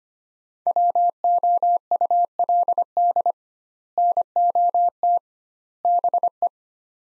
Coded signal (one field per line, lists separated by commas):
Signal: Morse code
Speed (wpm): 25 wpm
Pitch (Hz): 700 Hz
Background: none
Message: WOULD NOT BE